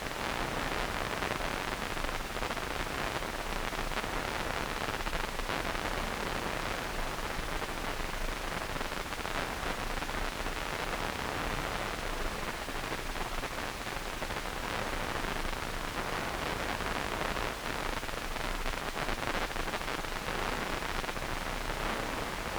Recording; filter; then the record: brain microelectrode recording played as sound; wide band, above 20 Hz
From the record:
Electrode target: subthalamic nucleus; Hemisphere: right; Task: reaching with the left hand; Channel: 2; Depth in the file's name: 1.506 mm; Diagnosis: Parkinson's disease